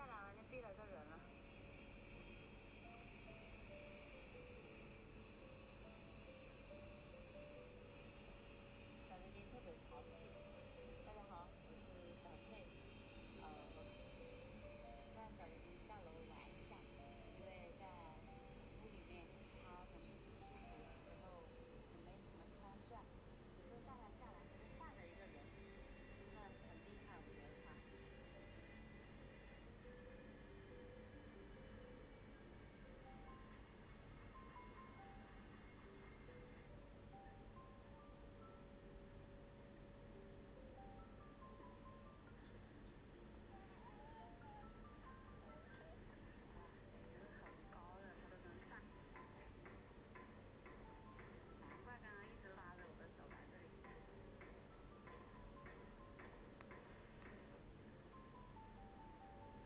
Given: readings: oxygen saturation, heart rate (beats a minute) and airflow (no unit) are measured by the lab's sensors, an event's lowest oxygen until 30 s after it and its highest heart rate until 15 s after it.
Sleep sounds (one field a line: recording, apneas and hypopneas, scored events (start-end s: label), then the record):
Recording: a person awake in a sleep study, by a voice recorder at the bedside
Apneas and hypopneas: none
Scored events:
0.00-59.66 s: awake
From the record:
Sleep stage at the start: awake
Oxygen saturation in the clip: 94 to 96%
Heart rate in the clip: 75 to 79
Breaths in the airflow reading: 16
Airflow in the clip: -4.1 to 5.9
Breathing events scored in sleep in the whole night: 131 in 7.2 hours asleep